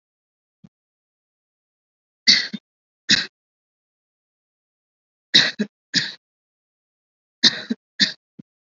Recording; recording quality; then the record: shallow voluntary cough; excellent, no background noise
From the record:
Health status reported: COVID-19 positive, mild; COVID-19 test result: positive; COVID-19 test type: RT-PCR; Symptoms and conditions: fever, fatigue, muscle pain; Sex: female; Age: 30 years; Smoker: no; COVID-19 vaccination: both doses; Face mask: worn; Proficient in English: no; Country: India